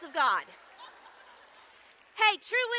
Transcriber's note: applause